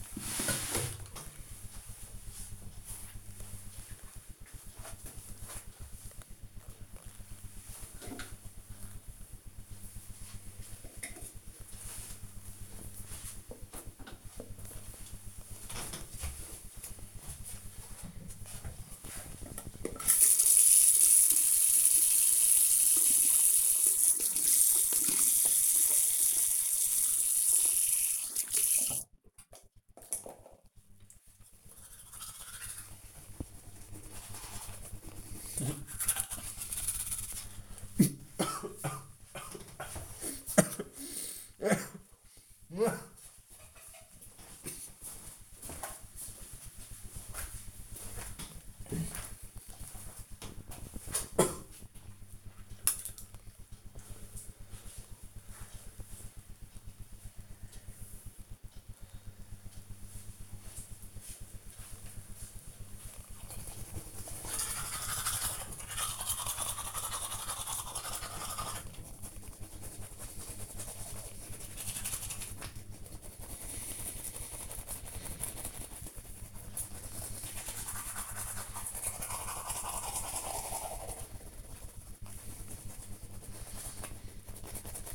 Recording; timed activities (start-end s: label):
household activities, microphone on the right wrist
17.16-85.15 s: brushing teeth
54.63 s: note: noise